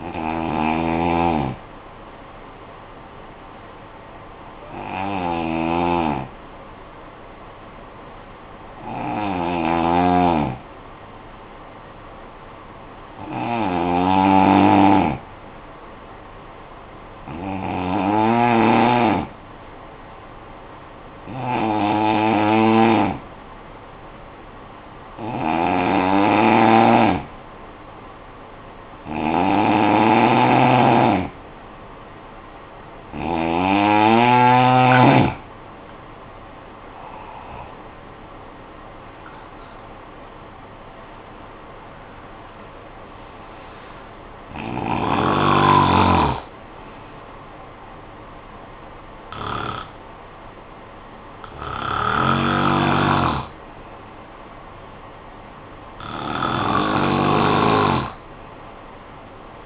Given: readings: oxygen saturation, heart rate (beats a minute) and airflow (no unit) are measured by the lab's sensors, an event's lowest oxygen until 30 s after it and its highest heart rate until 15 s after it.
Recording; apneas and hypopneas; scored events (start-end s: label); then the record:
breathing in sleep by a voice recorder at the bedside; 1
8.00-32.30 s: hypopnea (N2, oxygen 96% highest, then 89% lowest, heart rate 52 at the start, 75 highest)
From the record:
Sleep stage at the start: N2 (light sleep); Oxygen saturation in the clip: 89 to 96%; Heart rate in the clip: 51 to 75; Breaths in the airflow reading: 15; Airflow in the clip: -11.0 to 11.3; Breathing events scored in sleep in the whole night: 445 in 7.6 hours asleep